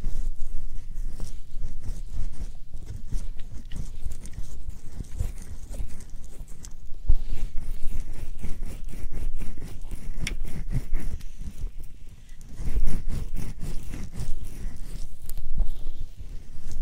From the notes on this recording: ear massage, and ear play